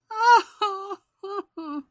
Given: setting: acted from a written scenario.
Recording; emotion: vocal sound without words; elation